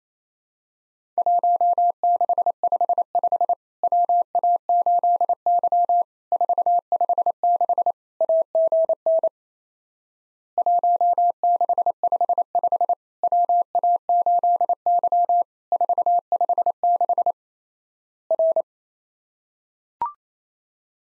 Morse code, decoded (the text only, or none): 1655 WA8Y 456 AGN 1655 WA8Y 456 R